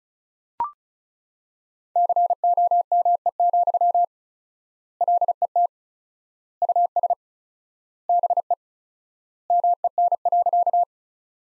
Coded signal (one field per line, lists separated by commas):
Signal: Morse code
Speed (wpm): 34 wpm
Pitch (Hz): 700 Hz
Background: none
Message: COME, LET US BE MEN.